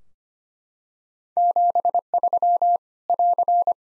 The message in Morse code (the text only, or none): 73 <AR>